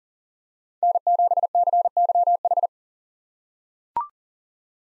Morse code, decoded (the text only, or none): N7CYH